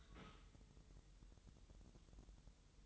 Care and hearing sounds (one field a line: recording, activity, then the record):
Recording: daily activity, microphone in the room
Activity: take from stove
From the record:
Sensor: 3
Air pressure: 988.3 hPa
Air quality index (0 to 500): 190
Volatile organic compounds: 259 ppm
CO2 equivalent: 4384 ppm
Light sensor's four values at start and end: 24/75/31/27 and 24/75/31/27